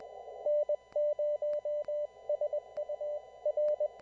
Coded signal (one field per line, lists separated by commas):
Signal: Morse code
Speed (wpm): 20 wpm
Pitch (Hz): 590 Hz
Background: none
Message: N0SU R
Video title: Formal Traffic Net using CW (Morse Code)